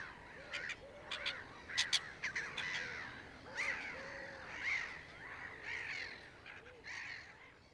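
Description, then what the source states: Gulls calling with harsh strident cries and sharp clicks, plus lower soft mewing notes repeated in short arcs, over continuous background noise. Recorded on the Isles of Scilly.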